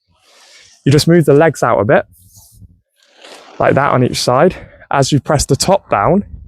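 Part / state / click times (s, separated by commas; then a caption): pop-up tent central hub locking into the tent frame / not seated / none. Someone talks while moving the legs of a pop-up family tent out on each side and pressing the top hub down into the frame, with faint rustling handling sounds between the speech. The hub has not clicked down or locked into place yet by the end of the clip.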